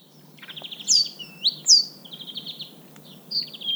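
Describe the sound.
Great tit calls: buzzy churring rattles near mid-high pitch mixed with sharp, bright upswept notes, several overlapping in quick, uneven succession against faint low background hiss.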